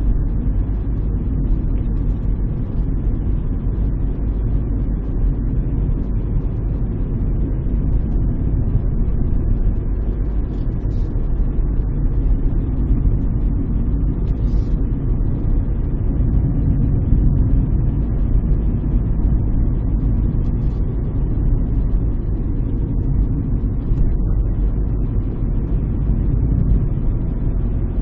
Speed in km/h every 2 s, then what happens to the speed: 38, 39, 39, 38, 39, 41, 40, 41, 41, 41, 41, 39, 38, 37.
0-28 steady at about 39.